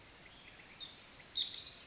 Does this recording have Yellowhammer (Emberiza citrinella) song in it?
no